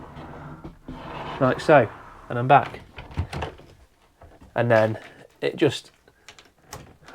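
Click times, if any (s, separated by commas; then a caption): 6.7 s. A sliding partition door separating the washroom/bedroom from the living area of a Concorde Charisma 2 890F motorhome is slid closed while someone talks. Its latch catches in place with a short, sharp click at 6.7 s, and the door is locked shut.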